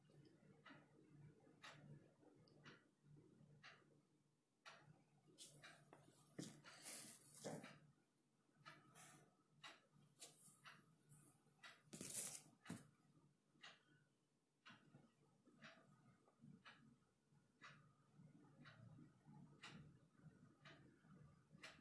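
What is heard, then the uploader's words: Steady clock ticks run under frequent sharp taps and scratchy bursts of writing and typing, with louder rustling page flips around seven and twelve seconds. Midnight study session, ticking of the clock, writing ASMR, page flipping and typing. You can hear the clock, me flipping pages, typing and writing.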